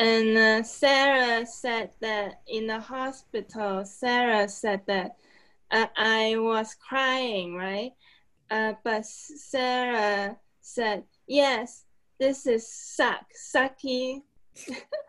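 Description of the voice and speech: Adult woman, a stroke survivor with aphasia and a former inpatient at a rehabilitation hospital, speaking in short, simplified phrases with frequent pauses and some halting, drawn-out words.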